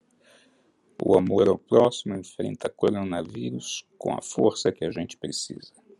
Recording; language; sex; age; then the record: spoken sentence; Brazilian Portuguese; male; 60 to 69 years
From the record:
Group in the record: control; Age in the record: 65 years